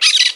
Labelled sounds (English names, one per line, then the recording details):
Brown-throated Parakeet contact call
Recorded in Margarita
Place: San Francisco, near stadium
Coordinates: 11.018, -64.294